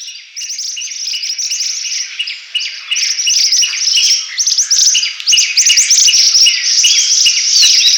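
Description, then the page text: Rosy minivet calls: a dense run of thin, high chirps and short whistled notes, overlapping and steady throughout, with no low sounds beneath. "Rosy Minivet Calls. Quick Sounds"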